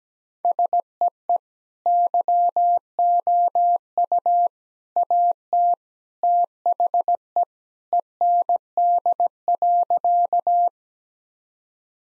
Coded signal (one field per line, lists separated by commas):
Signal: Morse code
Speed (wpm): 17 wpm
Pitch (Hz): 700 Hz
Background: none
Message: SEE YOU AT THE END.